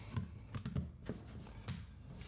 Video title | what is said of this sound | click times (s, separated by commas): The iPad Pro Keyboard For The Rest of Us! - Greenlaw iPad Keyboard | there we go snapped into place okay once you | 1.7 s